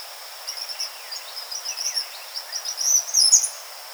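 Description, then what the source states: Eastern kingbird calls, a string of sputtering high chirps building to a louder buzzy burst near the end, over a steady high insect-like drone. Recorded 4 January 2007.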